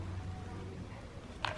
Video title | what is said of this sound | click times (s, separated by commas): WILD Cornwall! Will STORM chasing Tourists save Cornwall's FAILING tourism economy? | This clicks back into place and you wind it up. | 1.4 s